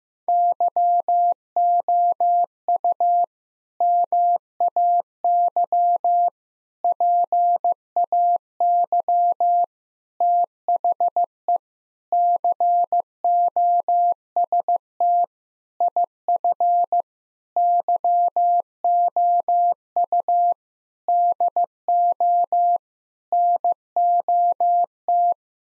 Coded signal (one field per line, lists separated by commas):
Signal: Morse code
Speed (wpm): 15 wpm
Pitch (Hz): 700 Hz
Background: none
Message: YOU MAY PAY THE COST IF YOU DO NOT